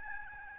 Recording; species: mosquito wingbeat signal from an infrared sensor; Aedes albopictus